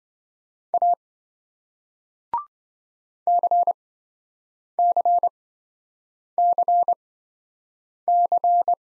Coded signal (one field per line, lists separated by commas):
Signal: Morse code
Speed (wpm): 26 wpm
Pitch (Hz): 700 Hz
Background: none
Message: A CCCC